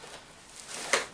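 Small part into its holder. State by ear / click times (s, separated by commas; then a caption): seated / 0.9 s. A small part is dropped into its holder after a wire is freed, and it seats with a short, sharp click at 0.9 s. A faint tap comes just before, over quiet background noise, and the part is seated.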